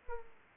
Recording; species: mosquito wingbeat signal from an infrared sensor; Aedes aegypti